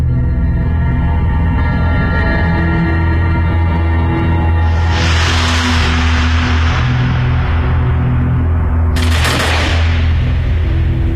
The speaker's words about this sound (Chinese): 枪声响过，数名犹太人倒下，然后是更多的犹太人被驱赶着奔赴死亡。